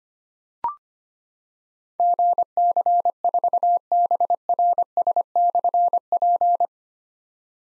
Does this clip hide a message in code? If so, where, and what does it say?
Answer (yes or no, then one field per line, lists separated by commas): yes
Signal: Morse code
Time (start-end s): 2.0-6.7 s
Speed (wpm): 25 wpm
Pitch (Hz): 700 Hz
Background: none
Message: GC4BRS/P